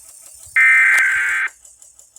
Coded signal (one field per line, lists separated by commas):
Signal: Emergency Alert System (SAME) tones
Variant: header bursts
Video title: SPECIAL GUEST APPEARANCE! EAS Tests from May 2023